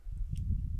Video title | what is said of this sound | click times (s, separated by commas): AliExpress Apple Watch Bands - Best Apple Watch Bands on AliExpress - AliExpress Gadgets Part 14 | Perfect, and it clicked in. | 0.4 s